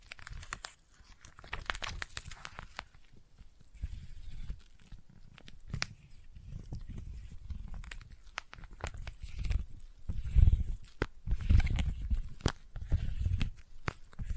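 Sticky tapping and peeling sounds, with quick irregular taps and tacky crackles scattered throughout. Low thuds and rustling build in the second half, with the loudest hits around ten and eleven seconds, and brief bright clicks punctuate the steady busy texture.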